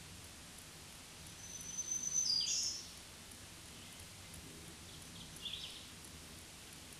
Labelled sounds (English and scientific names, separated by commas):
Black-throated Green Warbler (Setophaga virens) song